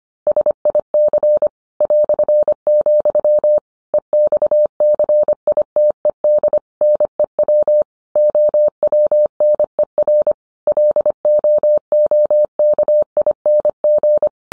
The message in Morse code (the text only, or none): SIC ", EXCITED NEW OWNER LOOKING